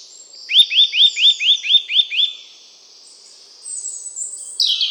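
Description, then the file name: Eurasian nuthatch giving a clear run of eight rising, whistled notes in quick succession, then other high sounds follow. "Sitta europaea"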